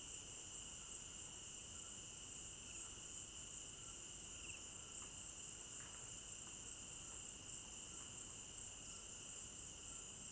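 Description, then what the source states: Crickets trilling nonstop, a bright high whine that never pauses, joined by a lower even hum of more insects and a few faint clicks. Crickets at night in an African village garden; stereo binaural recording.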